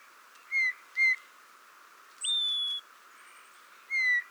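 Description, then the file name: Eurasian bullfinch calls: soft, plaintive piping whistles falling slightly in pitch. Two come close together, then a longer, steadier whistle and one more falling note. "Pyrrhula pyrrhula"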